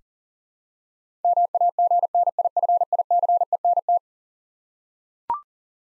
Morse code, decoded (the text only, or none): MAGNIFICENT